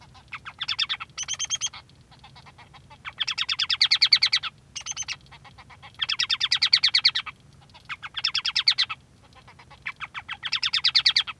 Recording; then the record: song of a male Bengalese finch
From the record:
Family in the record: son of father 3